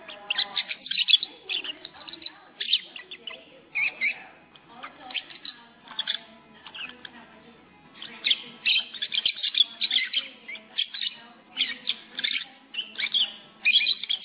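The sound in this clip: Lovebird chatter, bursts of sharp high squeaks and chirps repeated every second or so, with short quieter gaps between groups.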